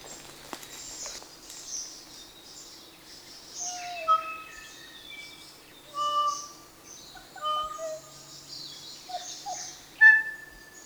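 Kōkako singing slow, mellow whistled notes spaced a second or two apart, over constant high chatter of other birds.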